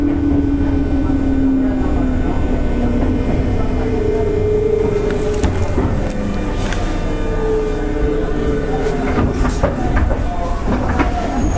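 Running noise aboard a JR West 201 series local train on the Osaka Loop Line: a steady, heavy rumble with a sustained motor whine that slides down in pitch around the middle. Sharp clicks and rattles cluster from about five seconds on, with faint voices underneath.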